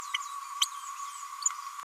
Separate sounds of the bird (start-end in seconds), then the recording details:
0.61-0.65. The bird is a female. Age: 31 days. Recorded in a nest box in Venezuela. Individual 17B102A6